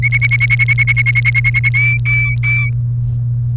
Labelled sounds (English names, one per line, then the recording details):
Domestic Canary song
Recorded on 1 May 2018 at 10:43
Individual llb3